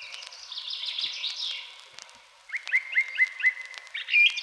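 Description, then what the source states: Song Thrush phrase of several short, identical piping notes repeated rapidly, after a jumble of high twittering, ending with a brighter whistled note. Unhurried, sonorous phrases heard everywhere in the spring forest, delivered from the top of a tall spruce.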